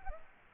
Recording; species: mosquito wingbeat signal from an infrared sensor; Aedes aegypti